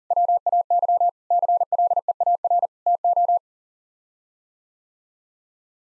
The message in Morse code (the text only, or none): WAY CLEAR TO